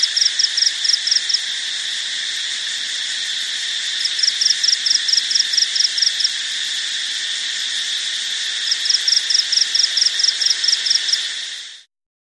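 Cricket calling in three long trains of rapid high pulses with pauses between, over steady insect drone, before the recording cuts to silence.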